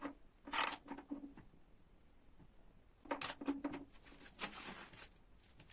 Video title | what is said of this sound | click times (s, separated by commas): Заміна моторної оливи Toyota 08880 83389 на Toyota Corolla Verso 2.2 Дизель 2007 | затягуємо з моментом затяжки 38 но дінометричним ключом до щелчка так | 3.1 s, 3.2 s